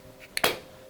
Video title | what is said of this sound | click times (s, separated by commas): Opus T300 Two-way Radio Review - Hands on - Features & Benefits - LRS UK | the battery simply snaps into place | 0.4 s